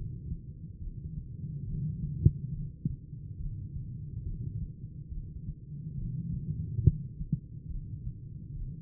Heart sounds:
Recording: heart sounds by stethoscope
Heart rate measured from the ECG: 70 bpm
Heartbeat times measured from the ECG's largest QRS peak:
0.77 s: heartbeat
1.63 s: heartbeat
2.50 s: heartbeat
3.35 s: heartbeat
4.22 s: heartbeat
5.08 s: heartbeat
5.94 s: heartbeat
6.80 s: heartbeat
7.66 s: heartbeat
8.52 s: heartbeat
From the record:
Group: heart failure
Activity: rest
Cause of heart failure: idiopathic cardiomyopathy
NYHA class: 2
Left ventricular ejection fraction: 51%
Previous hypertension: present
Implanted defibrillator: present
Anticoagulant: apixaban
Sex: female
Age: 61 years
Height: 163 cm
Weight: 111 kg

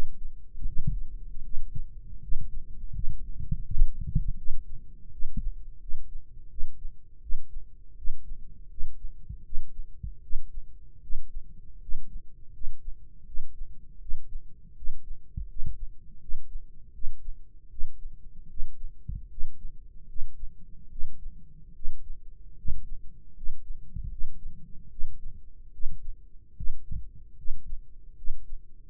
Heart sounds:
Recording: heart sounds by microphone in the right ear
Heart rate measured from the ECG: 79 bpm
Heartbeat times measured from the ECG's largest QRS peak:
0.64 s: heartbeat
1.41 s: heartbeat
2.19 s: heartbeat
2.91 s: heartbeat
3.62 s: heartbeat
4.35 s: heartbeat
5.10 s: heartbeat
5.78 s: heartbeat
6.48 s: heartbeat
7.20 s: heartbeat
7.95 s: heartbeat
8.68 s: heartbeat
9.42 s: heartbeat
10.20 s: heartbeat
11.00 s: heartbeat
11.79 s: heartbeat
12.51 s: heartbeat
13.24 s: heartbeat
13.98 s: heartbeat
14.74 s: heartbeat
15.46 s: heartbeat
16.19 s: heartbeat
16.91 s: heartbeat
17.68 s: heartbeat
18.47 s: heartbeat
19.28 s: heartbeat
20.06 s: heartbeat
20.88 s: heartbeat
21.72 s: heartbeat
22.55 s: heartbeat
23.33 s: heartbeat
24.08 s: heartbeat
24.88 s: heartbeat
25.71 s: heartbeat
26.54 s: heartbeat
27.35 s: heartbeat
28.15 s: heartbeat
From the record:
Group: healthy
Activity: rest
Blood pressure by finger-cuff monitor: 121/68 mmHg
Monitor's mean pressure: 87 mmHg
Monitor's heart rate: 78 bpm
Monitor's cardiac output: 7.1 L/min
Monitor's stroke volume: 92 mL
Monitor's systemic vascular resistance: 850 dyn s/cm5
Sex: male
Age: 21 years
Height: 180 cm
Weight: 67.5 kg

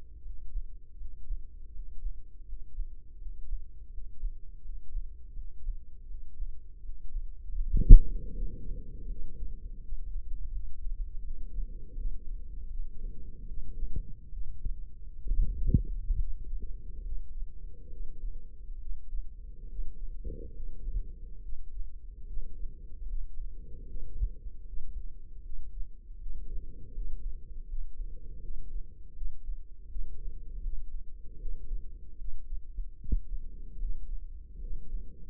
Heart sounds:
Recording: heart sounds by microphone in the left ear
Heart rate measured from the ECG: 77 bpm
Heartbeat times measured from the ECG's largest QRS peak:
0.22 s: heartbeat
0.97 s: heartbeat
1.71 s: heartbeat
2.45 s: heartbeat
3.18 s: heartbeat
3.90 s: heartbeat
4.61 s: heartbeat
5.33 s: heartbeat
6.07 s: heartbeat
6.81 s: heartbeat
7.57 s: heartbeat
8.32 s: heartbeat
9.07 s: heartbeat
9.79 s: heartbeat
10.50 s: heartbeat
11.22 s: heartbeat
11.94 s: heartbeat
12.68 s: heartbeat
13.45 s: heartbeat
14.29 s: heartbeat
15.25 s: heartbeat
16.15 s: heartbeat
17.01 s: heartbeat
17.88 s: heartbeat
18.77 s: heartbeat
19.67 s: heartbeat
20.52 s: heartbeat
21.40 s: heartbeat
22.24 s: heartbeat
23.06 s: heartbeat
23.85 s: heartbeat
24.64 s: heartbeat
25.41 s: heartbeat
26.18 s: heartbeat
26.92 s: heartbeat
27.67 s: heartbeat
28.40 s: heartbeat
29.13 s: heartbeat
29.87 s: heartbeat
30.61 s: heartbeat
31.37 s: heartbeat
32.16 s: heartbeat
32.96 s: heartbeat
33.78 s: heartbeat
34.59 s: heartbeat
From the record:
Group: healthy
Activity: rest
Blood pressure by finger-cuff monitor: 103/72 mmHg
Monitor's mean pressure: 84 mmHg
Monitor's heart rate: 78 bpm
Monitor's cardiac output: 5.7 L/min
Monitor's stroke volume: 76 mL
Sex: female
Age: 32 years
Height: 172 cm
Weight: 71.7 kg

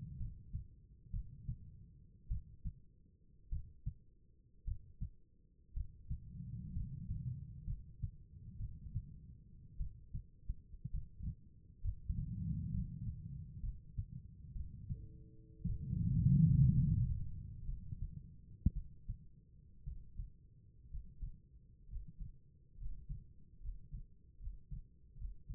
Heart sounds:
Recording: heart sounds by stethoscope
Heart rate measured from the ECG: 60 bpm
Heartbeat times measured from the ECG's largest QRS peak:
0.17 s: heartbeat
1.11 s: heartbeat
2.28 s: heartbeat
3.49 s: heartbeat
4.65 s: heartbeat
5.74 s: heartbeat
6.73 s: heartbeat
7.65 s: heartbeat
8.57 s: heartbeat
9.77 s: heartbeat
10.91 s: heartbeat
11.82 s: heartbeat
12.71 s: heartbeat
13.61 s: heartbeat
14.53 s: heartbeat
15.66 s: heartbeat
16.73 s: heartbeat
17.65 s: heartbeat
18.73 s: heartbeat
19.83 s: heartbeat
20.89 s: heartbeat
21.88 s: heartbeat
22.77 s: heartbeat
23.60 s: heartbeat
24.39 s: heartbeat
25.16 s: heartbeat
From the record:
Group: healthy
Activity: rest 0-17 s, breath hold 17-26 s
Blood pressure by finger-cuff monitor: 99/62 mmHg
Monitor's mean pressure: 73 mmHg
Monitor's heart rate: 60 bpm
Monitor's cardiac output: 4.7 L/min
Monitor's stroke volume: 79 mL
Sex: female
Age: 36 years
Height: 163 cm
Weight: 88 kg

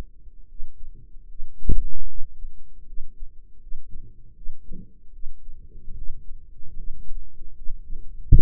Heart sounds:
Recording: heart sounds by microphone in the right ear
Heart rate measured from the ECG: 76 bpm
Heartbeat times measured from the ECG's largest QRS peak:
0.45 s: heartbeat
1.26 s: heartbeat
2.05 s: heartbeat
2.83 s: heartbeat
3.57 s: heartbeat
4.32 s: heartbeat
5.10 s: heartbeat
5.92 s: heartbeat
6.73 s: heartbeat
7.53 s: heartbeat
8.34 s: heartbeat
From the record:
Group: healthy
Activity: rest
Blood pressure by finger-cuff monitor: 119/70 mmHg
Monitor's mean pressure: 87 mmHg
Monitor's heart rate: 76 bpm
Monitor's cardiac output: 6.8 L/min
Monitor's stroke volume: 90 mL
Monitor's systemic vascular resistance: 920 dyn s/cm5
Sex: female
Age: 23 years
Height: 160 cm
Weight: 50.4 kg

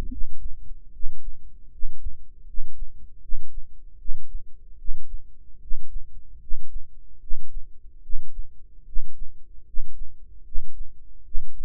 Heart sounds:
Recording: heart sounds by microphone in the right ear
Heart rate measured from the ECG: 75 bpm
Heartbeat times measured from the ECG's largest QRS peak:
0.08 s: heartbeat
0.90 s: heartbeat
1.69 s: heartbeat
2.44 s: heartbeat
3.20 s: heartbeat
3.97 s: heartbeat
4.76 s: heartbeat
5.59 s: heartbeat
6.38 s: heartbeat
7.19 s: heartbeat
8.01 s: heartbeat
8.84 s: heartbeat
9.64 s: heartbeat
10.43 s: heartbeat
11.23 s: heartbeat
From the record:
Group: healthy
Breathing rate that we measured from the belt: 16 breaths a minute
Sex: male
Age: 35 years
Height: 180 cm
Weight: 86.9 kg

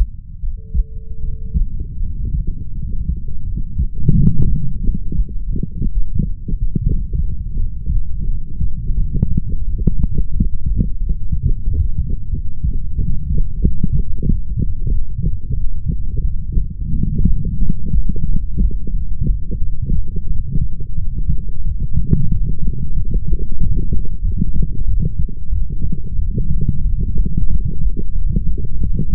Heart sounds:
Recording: heart sounds by stethoscope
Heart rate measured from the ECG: 89 bpm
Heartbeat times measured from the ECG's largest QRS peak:
0.39 s: heartbeat
1.20 s: heartbeat
1.99 s: heartbeat
2.73 s: heartbeat
3.44 s: heartbeat
4.12 s: heartbeat
4.79 s: heartbeat
5.45 s: heartbeat
6.13 s: heartbeat
6.83 s: heartbeat
7.54 s: heartbeat
8.26 s: heartbeat
8.97 s: heartbeat
9.65 s: heartbeat
10.32 s: heartbeat
10.98 s: heartbeat
11.64 s: heartbeat
12.30 s: heartbeat
12.96 s: heartbeat
13.61 s: heartbeat
14.25 s: heartbeat
14.89 s: heartbeat
15.54 s: heartbeat
16.22 s: heartbeat
16.91 s: heartbeat
17.59 s: heartbeat
18.25 s: heartbeat
18.91 s: heartbeat
19.59 s: heartbeat
20.27 s: heartbeat
20.96 s: heartbeat
21.63 s: heartbeat
22.30 s: heartbeat
22.95 s: heartbeat
23.59 s: heartbeat
24.22 s: heartbeat
24.86 s: heartbeat
25.50 s: heartbeat
26.17 s: heartbeat
26.82 s: heartbeat
27.48 s: heartbeat
28.13 s: heartbeat
28.79 s: heartbeat
From the record:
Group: healthy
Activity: rest 0-3 s, light exercise 3-29 s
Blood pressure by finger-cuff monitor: 117/58 mmHg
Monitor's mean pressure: 74 mmHg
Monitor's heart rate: 90 bpm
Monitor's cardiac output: 7.4 L/min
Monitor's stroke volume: 85 mL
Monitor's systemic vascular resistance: 730 dyn s/cm5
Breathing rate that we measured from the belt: 13 breaths a minute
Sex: female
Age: 32 years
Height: 168 cm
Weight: 61.9 kg

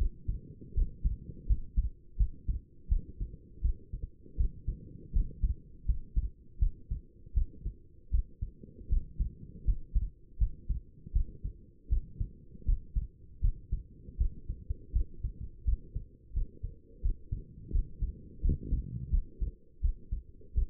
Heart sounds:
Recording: heart sounds by stethoscope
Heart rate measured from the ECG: 82 bpm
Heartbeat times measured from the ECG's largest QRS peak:
0.74 s: heartbeat
1.47 s: heartbeat
2.17 s: heartbeat
2.89 s: heartbeat
3.62 s: heartbeat
4.37 s: heartbeat
5.13 s: heartbeat
5.86 s: heartbeat
6.59 s: heartbeat
7.34 s: heartbeat
8.11 s: heartbeat
8.89 s: heartbeat
9.65 s: heartbeat
10.38 s: heartbeat
11.13 s: heartbeat
11.89 s: heartbeat
12.65 s: heartbeat
13.41 s: heartbeat
14.18 s: heartbeat
14.93 s: heartbeat
15.65 s: heartbeat
16.34 s: heartbeat
17.02 s: heartbeat
17.72 s: heartbeat
18.42 s: heartbeat
19.11 s: heartbeat
19.82 s: heartbeat
20.55 s: heartbeat
From the record:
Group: healthy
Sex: female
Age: 37 years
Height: 168 cm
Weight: 70 kg

